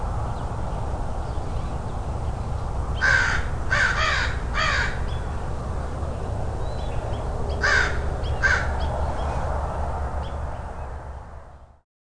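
Crow giving two short bursts of harsh caws, three then two, separated by a pause, over low steady rumble that fades out at the end.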